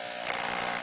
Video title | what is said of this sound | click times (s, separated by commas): auto 1 10 23 | and it tightens it down there's a little clicking that you heard there okay that got it good and tight now | 0.3 s